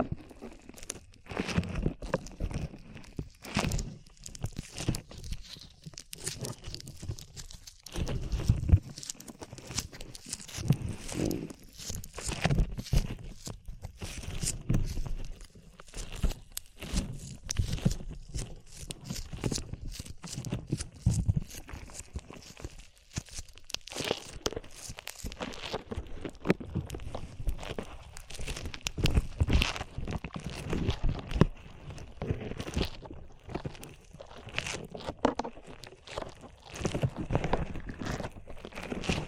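Sticky slime being squeezed and stretched, producing dense, irregular wet crackles and squelches throughout, with short pauses and brief louder pops.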